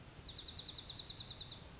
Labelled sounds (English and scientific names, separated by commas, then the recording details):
Dark-eyed Junco (Junco hyemalis)
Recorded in Sonoma County, California